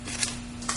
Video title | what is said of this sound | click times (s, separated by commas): Handyman Demos - Momar's Specialty Supplies Division | take it down, notice the ridges in there, it locks into place. | 0.2 s, 0.7 s